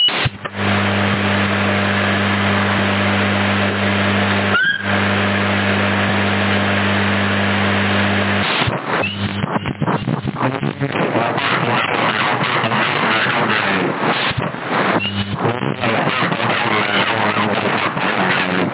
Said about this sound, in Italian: Magari adesso quello, se c'è il pullman dell'ARS qua sotto a casa, aspetta un attimo.